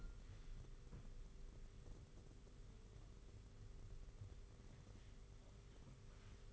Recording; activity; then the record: daily activity, microphone in the room; wipe stove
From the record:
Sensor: 4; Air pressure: 991.3 hPa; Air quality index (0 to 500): 162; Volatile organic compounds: 156 ppm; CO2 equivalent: 4048 ppm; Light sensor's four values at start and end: 25/81/30/31 and 25/81/30/31